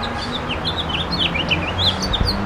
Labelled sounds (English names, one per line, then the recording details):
House Finch song
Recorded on Long Island, New York, on 9 June 2012
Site EF
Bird A